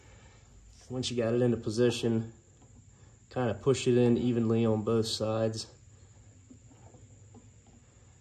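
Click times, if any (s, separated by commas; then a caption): none. A new primer bulb for the carburetor of a Briggs and Stratton push mower engine is lined up with its two holes before being pushed in evenly on both sides. Someone talks from about 0.9 to 2.4 seconds and again from 3.4 to 5.7 seconds over a low background hum. Nothing has seated or clicked yet.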